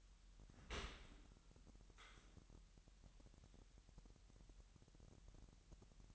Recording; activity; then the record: daily activity, microphone in the room; open dishwasher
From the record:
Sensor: 3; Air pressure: 998.3 hPa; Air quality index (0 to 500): 147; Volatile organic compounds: 5 ppm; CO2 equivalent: 1758 ppm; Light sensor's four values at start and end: 14/40/16/15 and 14/40/16/15